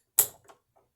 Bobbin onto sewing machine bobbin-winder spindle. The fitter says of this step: okay, and then I slot it. You have to hear a click, okay? You have to hear a click.